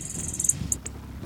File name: Sword billed Hummingbird